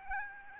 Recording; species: mosquito wingbeat signal from an infrared sensor; Aedes albopictus